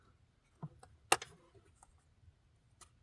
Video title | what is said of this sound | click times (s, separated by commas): Map Sensor replacement 2011 - 2015 Chevy Cruze | and push it back into place, and you will hear it lock into place. | 1.1 s